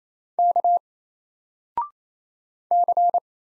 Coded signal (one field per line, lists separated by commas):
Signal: Morse code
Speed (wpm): 27 wpm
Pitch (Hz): 700 Hz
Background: none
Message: K C